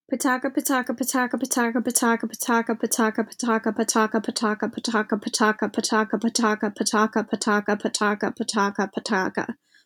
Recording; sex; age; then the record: repeated syllables /pa ta ka/; female; 20 to 29 years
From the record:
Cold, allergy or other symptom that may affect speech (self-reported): no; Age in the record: 29 years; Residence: Massachusetts, United States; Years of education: 20